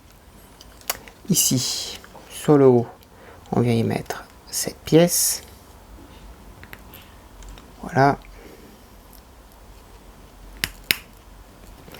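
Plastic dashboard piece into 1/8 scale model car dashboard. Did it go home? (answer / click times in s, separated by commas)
yes / 10.6 s, 10.9 s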